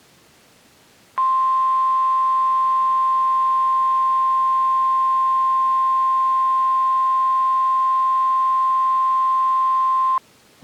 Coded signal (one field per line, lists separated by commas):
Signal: Emergency Alert System (SAME) tones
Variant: 1050 Hz attention tone